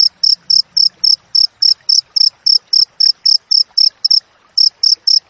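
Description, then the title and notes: Cricket chirping in a rapid regular series of high notes with a brief gap before the last few. Wild crickets with tightly spaced chirps, used for training songbirds and for repelling rats. "Masteran Jangkrik Alam Jernih, Jeda Rapat Cocok Untuk Masteran Burung Dan Mengusir Tikus. suara jangkrik"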